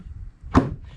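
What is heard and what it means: A lid on a cooler built into a wooden cart is shut, landing with a solid thunk at 0.6 s. A faint, softer sound follows near 0.9 s. The lid is closed and sealed.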